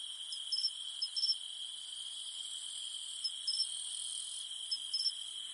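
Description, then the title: Cicadas humming: a steady high-pitched drone crossed by short bright chirps in small clusters. In the mountains at night. "In the mountains at night, only the humming of cicadas remains"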